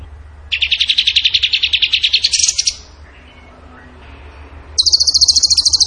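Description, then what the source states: Bird song: a rapid buzzy trill of about two seconds, a pause, then a higher trill. Training song (masteran) in the tembakan gacor style.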